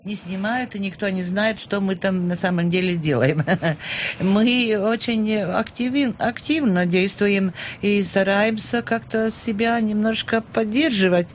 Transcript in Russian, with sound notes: Не снимают, и никто не знает, что мы там на самом деле делаем. (смеется) Мы очень активно действуем и стараемся как-то себя немножко поддерживать.